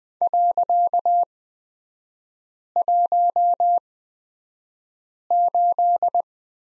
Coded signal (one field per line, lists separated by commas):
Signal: Morse code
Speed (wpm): 20 wpm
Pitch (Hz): 700 Hz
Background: none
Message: .18